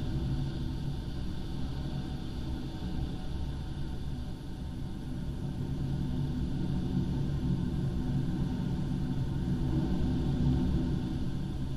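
A storm roars outside a house, heard from indoors through double-glazed windows. A dense, deep rumble fills the low end and holds steady and loud for the whole twelve seconds, with faint higher hiss above and gusts that swell slightly toward the end.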